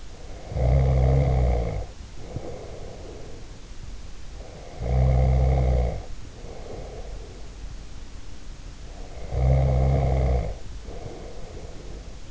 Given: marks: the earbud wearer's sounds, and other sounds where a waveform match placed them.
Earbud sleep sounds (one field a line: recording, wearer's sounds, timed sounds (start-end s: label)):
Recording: sounds in sleep by an in-ear microphone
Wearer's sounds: snoring breath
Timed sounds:
0.00-3.46 s: snoring breath
4.35-7.70 s: snoring breath
8.88-12.31 s: snoring breath